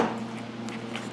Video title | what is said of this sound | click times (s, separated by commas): 2017 GMC Acadia Front parking camera replacement. | like it clicks onto that tit there. Just heard it click. | 0.7 s, 1.0 s